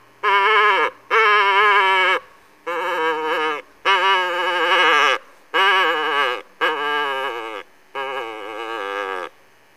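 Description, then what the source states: Cow moose calling: a series of wavering, nasal, bleating moans, each about a second long, repeated seven times with short gaps. Female (cow) moose.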